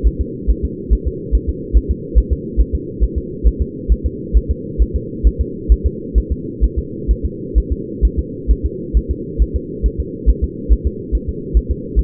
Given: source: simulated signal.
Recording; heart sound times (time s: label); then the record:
fetal heart sounds
0.07 s: S1
0.21 s: S2
0.50 s: S1
0.65 s: S2
0.93 s: S1
1.07 s: S2
1.35 s: S1
1.49 s: S2
1.77 s: S1
1.91 s: S2
2.18 s: S1
2.33 s: S2
2.61 s: S1
2.75 s: S2
3.03 s: S1
3.18 s: S2
3.47 s: S1
3.62 s: S2
3.92 s: S1
4.06 s: S2
4.37 s: S1
4.51 s: S2
4.82 s: S1
4.96 s: S2
5.27 s: S1
5.41 s: S2
5.72 s: S1
5.86 s: S2
6.18 s: S1
6.32 s: S2
6.64 s: S1
6.78 s: S2
7.11 s: S1
7.25 s: S2
7.58 s: S1
7.72 s: S2
8.05 s: S1
8.19 s: S2
8.51 s: S1
8.66 s: S2
8.97 s: S1
9.11 s: S2
9.42 s: S1
9.56 s: S2
9.86 s: S1
10.00 s: S2
10.30 s: S1
10.44 s: S2
10.72 s: S1
10.87 s: S2
11.15 s: S1
11.29 s: S2
11.57 s: S1
11.71 s: S2
11.99 s: S1
From the record:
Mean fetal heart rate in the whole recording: 135 bpm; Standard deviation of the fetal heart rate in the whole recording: 3 bpm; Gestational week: 34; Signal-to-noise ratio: -4.1 dB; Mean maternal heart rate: no maternal heart sound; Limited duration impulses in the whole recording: absent